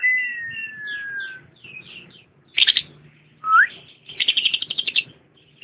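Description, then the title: Lovebird song of shrill chirps and a long falling whistle, then a harsh buzzy burst and a quick rising whistle, with rapid chattering notes near the end. Lovebird song presented as that of a champion bird. "KICAU BURUNG LOVEBIRD JUARA"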